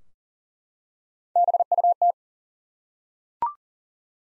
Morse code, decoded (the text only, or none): BUT